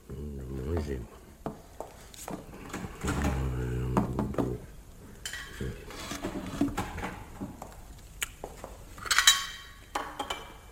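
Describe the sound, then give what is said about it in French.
A father rummages through a refrigerator looking for something to drink, with bottles and jars clinking, scattered knocks and rattles, and a couple of brief tonal hums, ending in a sharp, bright clatter of glass. “J'entends papa qui cherche quelque chose à boire dans le réfrigérateur.”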